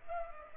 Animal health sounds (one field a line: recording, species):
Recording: mosquito wingbeat signal from an infrared sensor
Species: Culex pipiens